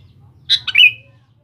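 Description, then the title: Sooty-headed bulbul: one compact phrase of two rich chirps and a gliding whistle, over a faint low drone. "Kutilang"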